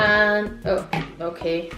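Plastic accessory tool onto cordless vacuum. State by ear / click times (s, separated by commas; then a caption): not seated / none. A plastic accessory tool is handled as it is fitted onto a Hoover Freedom Versatile cordless vacuum cleaner while someone talks. Nothing has seated or clicked into place yet.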